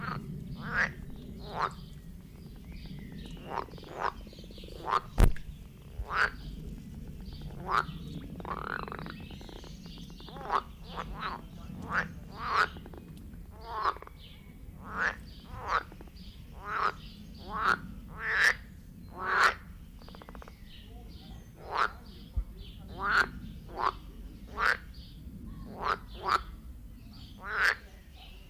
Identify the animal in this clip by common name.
Edible Frog